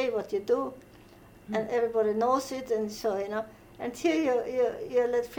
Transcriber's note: none